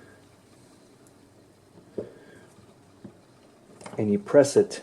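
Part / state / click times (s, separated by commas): watch case back into the watch case / not seated / none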